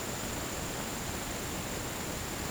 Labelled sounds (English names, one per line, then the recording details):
none
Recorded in dense forest near Puerto Asís, Putumayo, Colombia, on 27 June 2025 at 09:00
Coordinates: 0.503, -76.323
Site G059